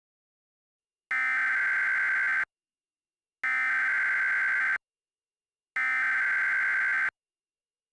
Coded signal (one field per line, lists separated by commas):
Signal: Emergency Alert System (SAME) tones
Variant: header bursts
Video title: EAS Mock #3: Astronomical Impact